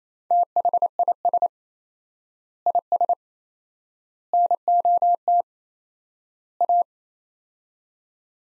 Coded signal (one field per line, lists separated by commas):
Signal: Morse code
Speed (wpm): 27 wpm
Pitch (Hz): 700 Hz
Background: none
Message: THIS IS NOT A